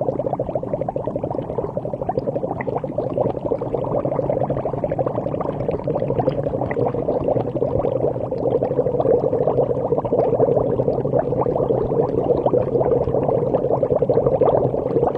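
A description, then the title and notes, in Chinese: Underwater sound from the seabed: a dense, steady low churning rumble with constant fine crackles and pops scattered throughout. The texture stays even for the whole stretch, muffled and dark, growing slightly fuller toward the end. 带你聆听海底的声音。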